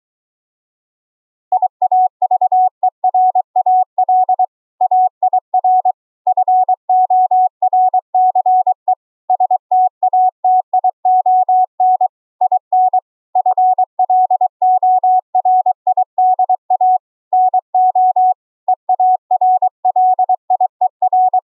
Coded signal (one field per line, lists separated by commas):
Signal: Morse code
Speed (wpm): 23 wpm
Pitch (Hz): 740 Hz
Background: none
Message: IAVERAL AIR FORCE STATION IN FLORIDA NO EARLIER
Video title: Morse Code audio & video QSO over internet between 4 CW OPs using the FREE Discord Voice Chat APP